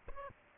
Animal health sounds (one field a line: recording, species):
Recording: mosquito wingbeat signal from an infrared sensor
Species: Aedes albopictus